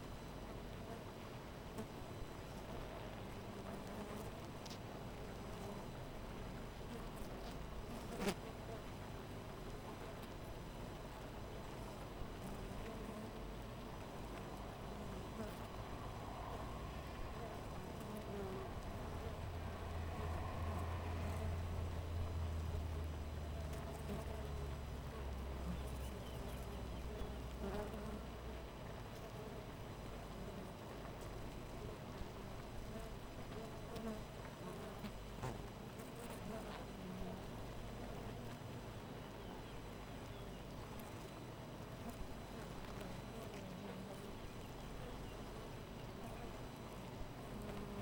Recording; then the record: honeybee colony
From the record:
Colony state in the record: missing queen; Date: 14 July 2017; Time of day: 4:48